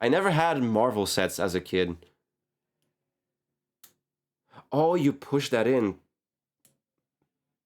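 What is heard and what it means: Someone talks while pushing a plastic LEGO Iron Man minifigure accessory piece into the minifigure so it holds firmer. A faint short tick comes at about 3.8 s, and a small crisp click at 6.7 s marks the piece seating in place.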